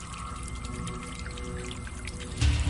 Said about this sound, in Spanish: Vio que el viejo echaba a correr y se inclinó sobre la fuente. El agua le borboteaba en la boca, le entraba en ella y volvía a salir, insípida.